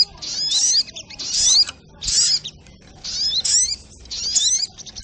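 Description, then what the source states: Crimson sunbird sings five separate bursts of high, hissy twittering with piercing slurred notes, each burst under a second, spaced by clear pauses. Bird song used as masteran for teaching songbirds, Labaik variant.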